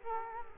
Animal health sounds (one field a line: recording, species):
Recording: mosquito wingbeat signal from an infrared sensor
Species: Culex quinquefasciatus